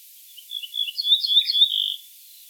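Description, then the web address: Ortolan bunting call: a run of short high chirping notes over about a second and a half, closing with a longer, slightly lower drawn-out note; quiet background otherwise. "emberiza hortulana call"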